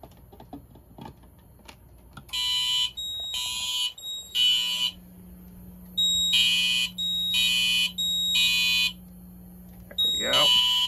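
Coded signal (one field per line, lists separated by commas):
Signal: alarm pattern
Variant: Wheelock MT horn, Code 3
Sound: harsh buzzing horn sounding three half-second blasts, pausing, then repeating; thin high whine between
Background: room hum, speech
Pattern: temporal three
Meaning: Fire alarm evacuation signal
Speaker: we will move on to re-alarming the system using one of the smoke detectors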